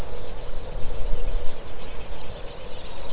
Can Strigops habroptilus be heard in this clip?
no